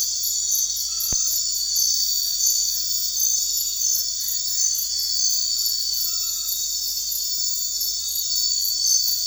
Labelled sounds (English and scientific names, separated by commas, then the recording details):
none
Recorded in secondary vegetation near Puerto Asís, Putumayo, Colombia, on 8 March 2025 at 23:30
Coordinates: 0.499, -76.323
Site G094